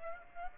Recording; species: mosquito wingbeat signal from an infrared sensor; Aedes aegypti